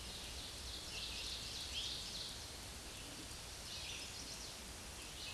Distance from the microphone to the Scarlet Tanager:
about 35 m